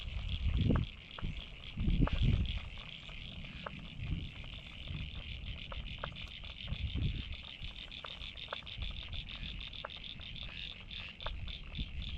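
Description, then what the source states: Frog chorus: an unbroken high trill with frequent irregular clicks, plus two loud low rumbles early on. Frogs recorded at North Head, Sydney, Australia.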